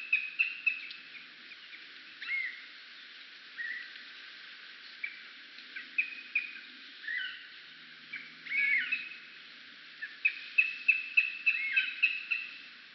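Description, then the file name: Eurasian jay giving varied short chirping and squawking calls, some rising or falling, scattered irregularly, with a quick run of repeated sharp notes near the end. Recorded at Hirano, Utsunomiya, on 29 March 2011. "kakesu utsunomiya hirano"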